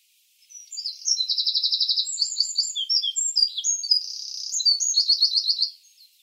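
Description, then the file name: Eurasian wren song: a loud, rapid, high-pitched outpouring of twittering notes and fast rattling trills, lasting about five seconds, in an otherwise quiet setting. "Troglodytes troglodytes"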